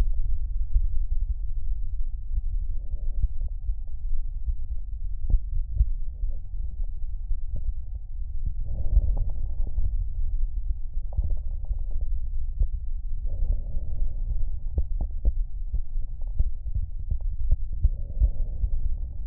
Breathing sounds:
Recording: lung sounds by stethoscope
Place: left anterior apical chest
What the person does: quiet breathing, then deep breathing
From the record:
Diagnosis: interstitial lung disease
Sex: male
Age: 74 years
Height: 160 cm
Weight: 54 kg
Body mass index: 21.1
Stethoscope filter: extended mode

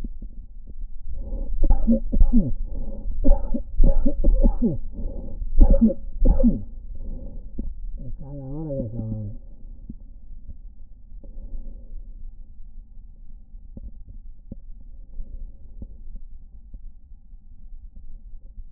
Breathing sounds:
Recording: lung sounds by stethoscope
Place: left anterior apical chest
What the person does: quiet breathing, then cough and speech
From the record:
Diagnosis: COPD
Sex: male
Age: 78 years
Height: 162 cm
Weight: 66.4 kg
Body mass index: 25.3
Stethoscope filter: diaphragm mode

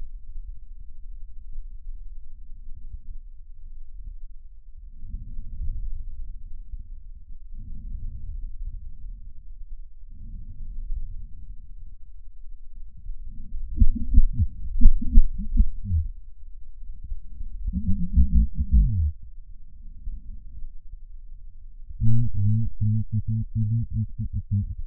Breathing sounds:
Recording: lung sounds by stethoscope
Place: right posterior basal chest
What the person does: quiet breathing, then cough and speech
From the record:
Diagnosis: none (healthy)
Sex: male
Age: 45 years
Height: 173 cm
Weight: 92 kg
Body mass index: 30.7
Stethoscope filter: bell mode

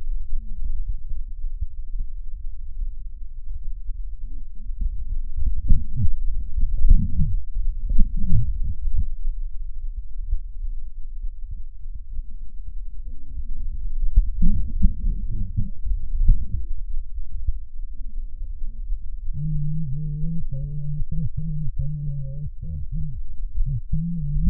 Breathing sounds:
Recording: lung sounds by stethoscope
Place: right posterior basal chest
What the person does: quiet breathing, then cough and speech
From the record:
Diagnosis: COPD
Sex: female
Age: 80 years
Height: 160 cm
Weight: 62 kg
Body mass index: 24.2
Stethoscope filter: bell mode

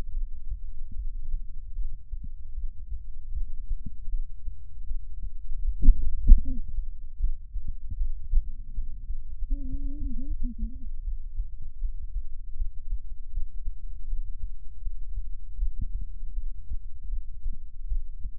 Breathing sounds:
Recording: lung sounds by stethoscope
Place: left anterior apical chest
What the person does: quiet breathing, then cough and speech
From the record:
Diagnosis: interstitial lung disease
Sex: female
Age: 61 years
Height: 155 cm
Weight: 75.5 kg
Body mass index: 31.4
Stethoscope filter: bell mode

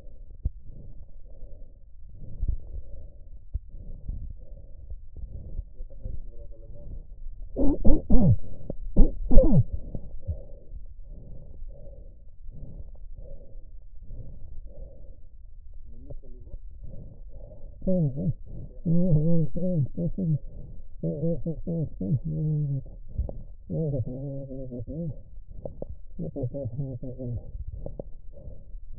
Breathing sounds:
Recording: lung sounds by stethoscope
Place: left anterior apical chest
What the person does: quiet breathing, then cough and speech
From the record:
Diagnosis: interstitial lung disease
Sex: male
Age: 72 years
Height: 167 cm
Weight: 74 kg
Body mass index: 26.5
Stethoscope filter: extended mode

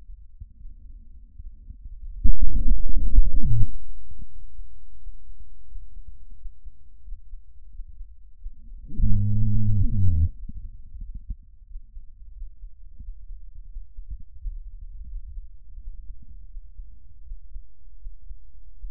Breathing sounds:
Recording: lung sounds by stethoscope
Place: trachea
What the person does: quiet breathing, then cough and speech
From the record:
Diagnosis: COPD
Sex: male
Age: 59 years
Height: 175 cm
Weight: 73 kg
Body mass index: 23.8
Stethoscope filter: bell mode

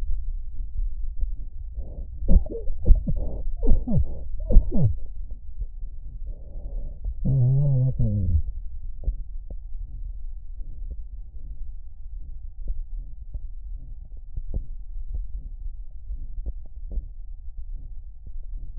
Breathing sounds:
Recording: lung sounds by stethoscope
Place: left anterior apical chest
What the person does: quiet breathing, then cough and speech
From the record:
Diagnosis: interstitial lung disease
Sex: male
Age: 72 years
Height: 170 cm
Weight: 62.9 kg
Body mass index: 21.8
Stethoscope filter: extended mode

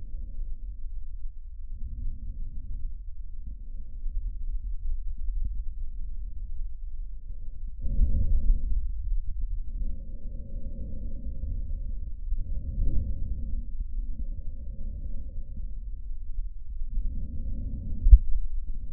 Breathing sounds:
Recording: lung sounds by stethoscope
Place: trachea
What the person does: quiet breathing, then deep breathing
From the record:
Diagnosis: COPD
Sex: female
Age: 65 years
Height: 156 cm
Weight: 63.9 kg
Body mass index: 26.3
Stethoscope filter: bell mode

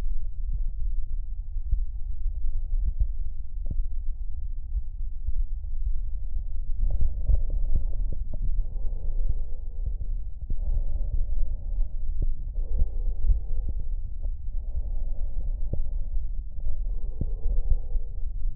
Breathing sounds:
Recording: lung sounds by stethoscope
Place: right anterior apical chest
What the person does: quiet breathing, then deep breathing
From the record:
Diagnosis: COPD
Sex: male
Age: 77 years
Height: 164 cm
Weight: 58.2 kg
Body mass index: 21.6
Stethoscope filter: extended mode

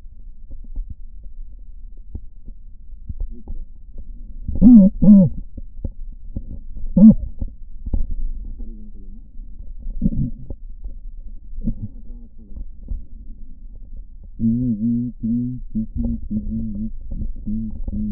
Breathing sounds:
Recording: lung sounds by stethoscope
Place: right posterior apical chest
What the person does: quiet breathing, then cough and speech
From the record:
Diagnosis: none (healthy)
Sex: male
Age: 35 years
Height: 186 cm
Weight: 108 kg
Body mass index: 31.2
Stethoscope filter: diaphragm mode

